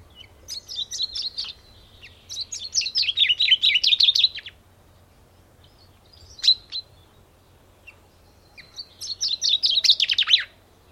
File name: Fringilla coelebs